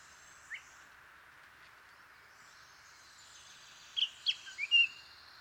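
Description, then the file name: Eurasian blackcap song: a single short note, then a quick burst of varied, clear warbled notes near the end, over a quiet background. "Sylvia atricapilla"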